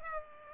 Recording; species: mosquito wingbeat signal from an infrared sensor; Culex pipiens